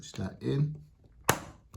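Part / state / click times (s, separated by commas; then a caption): plastic foot fitting into wardrobe base / seated / 1.3 s. Someone talks as a plastic foot/leg fitting for a flat-pack wardrobe is pushed by hand into its socket in the wardrobe base. A sharp click sounds at 1.3 s, and a faint tap follows at 1.7 s. The leg part is seated and clicked in.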